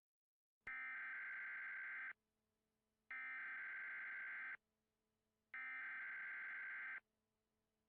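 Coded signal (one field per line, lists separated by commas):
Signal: Emergency Alert System (SAME) tones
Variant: header bursts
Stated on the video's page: Fictional EAS scenario.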